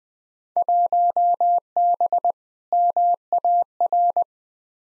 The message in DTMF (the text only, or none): none